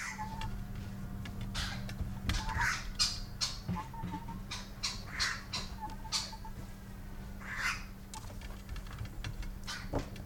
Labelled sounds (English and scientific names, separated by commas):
Western Cattle Egret (Bubulcus ibis) call